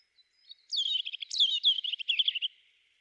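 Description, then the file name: European robin giving one continuous high phrase of rapid, liquid twittering and trilled notes lasting about two seconds. "Erithacus rubecula"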